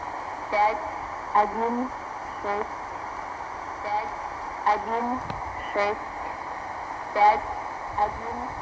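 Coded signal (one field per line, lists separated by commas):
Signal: numbers station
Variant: S06s Russian Lady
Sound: about ten short, evenly spaced spoken words, like digits, read slowly over hiss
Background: radio static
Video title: S06s "Russian Lady" numbers station received near Sofia, Bulgaria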